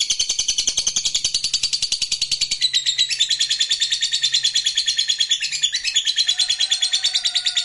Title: LOVEBIRD Malas Bunyi JADI GREGET SPONTAN Langsung NARIK